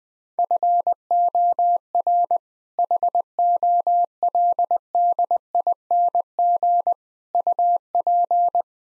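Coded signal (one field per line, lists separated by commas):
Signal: Morse code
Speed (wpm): 20 wpm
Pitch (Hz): 700 Hz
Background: none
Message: FOR HOLDING UP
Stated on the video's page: Morse code practice at 20 wpm sending all-age jokes, using contextual priming.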